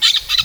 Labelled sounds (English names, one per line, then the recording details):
Brown-throated Parakeet contact call
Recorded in Venezuela
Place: Guárico; Corozopando; Fundo La Fe
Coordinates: 8.506, -67.593